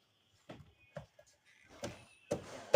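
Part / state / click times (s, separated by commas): taillight housing clips into vehicle body / seated / 2.8 s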